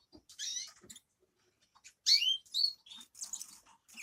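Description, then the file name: Grass parakeet chirps: short, high, sharp notes in scattered bursts with brief pauses between, rising and falling quickly, with a louder cluster around the middle. "travyanye popugaiciki"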